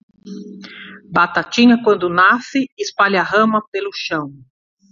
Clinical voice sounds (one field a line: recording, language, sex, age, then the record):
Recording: short text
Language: Brazilian Portuguese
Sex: female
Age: 40 to 49 years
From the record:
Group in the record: control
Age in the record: 49 years